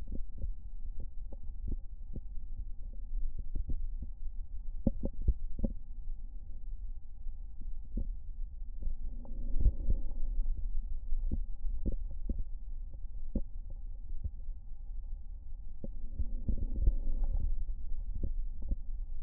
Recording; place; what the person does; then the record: lung sounds by stethoscope; left posterior basal chest; quiet breathing, then deep breathing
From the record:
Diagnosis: asthma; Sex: female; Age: 66 years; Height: 172 cm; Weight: 76 kg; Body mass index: 25.7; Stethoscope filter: diaphragm mode